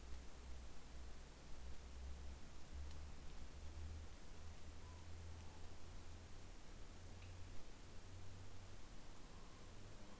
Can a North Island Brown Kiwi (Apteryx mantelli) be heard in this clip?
no